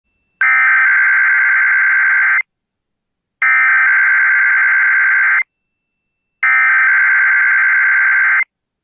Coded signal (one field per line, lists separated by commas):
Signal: Emergency Alert System (SAME) tones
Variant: header bursts